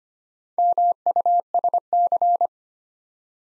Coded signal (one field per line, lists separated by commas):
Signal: Morse code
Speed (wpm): 25 wpm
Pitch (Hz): 700 Hz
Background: none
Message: MUSC